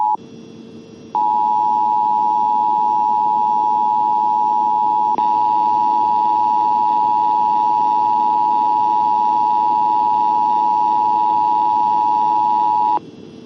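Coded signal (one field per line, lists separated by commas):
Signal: Emergency Alert System (SAME) tones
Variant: 853 and 960 Hz attention tone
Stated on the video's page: EAS earthquake warning issued for a tsunami drill, broadcast on WAHC for the US Virgin Islands, recorded with Audacity.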